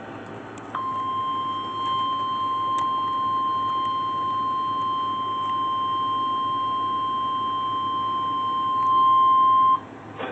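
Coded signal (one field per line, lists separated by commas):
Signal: Emergency Alert System (SAME) tones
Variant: 1050 Hz attention tone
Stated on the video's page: Severe Thunderstorm Warning aired on an FM station, issued by a National Weather Service office.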